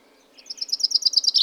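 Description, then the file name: Common chaffinch song fragment: a brief, bright trill of evenly repeated high notes, growing louder over about one second. "Fringilla coelebs"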